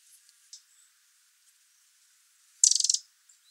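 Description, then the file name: Eurasian wren calling with a brief, dry, pulsed rattle lasting under half a second, preceded by a couple of faint soft ticks. "Troglodytes troglodytes"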